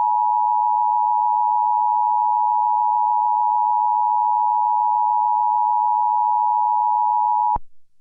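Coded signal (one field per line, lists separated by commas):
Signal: Emergency Alert System (SAME) tones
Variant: 853 and 960 Hz attention tone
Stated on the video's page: Fictional, simulated alert tones for a made-up attack scenario on Seattle, not a real alert.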